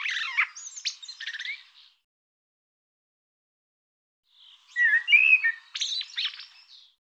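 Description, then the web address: Bird song in two phrases separated by a long pause, mixing buzzy rattles, sharp chirps and short whistled slurs. "cianscape birddata Deverinetal 2025 Bird Tu Me Tu Me"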